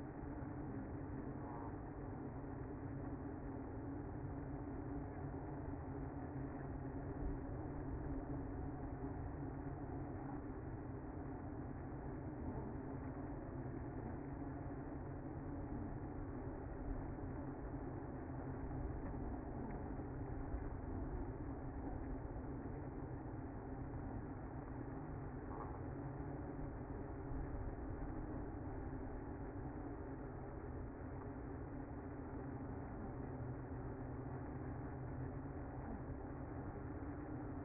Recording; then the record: honeybee colony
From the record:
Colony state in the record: active